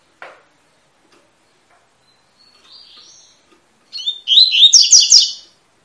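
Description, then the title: Double-collared seedeater song: a faint chip and thin soft warble, then one loud, fast phrase of buzzy, slurred, repeated high notes near the end. Tui-tui song type, fibra (spirited) bird; teacher song used to train young birds. "COLEIRO TUI TUI FIBRA CANTO PROFESSOR"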